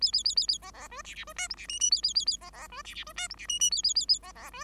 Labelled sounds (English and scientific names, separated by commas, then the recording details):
Bengalese Finch (Lonchura striata domestica) song
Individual Bird5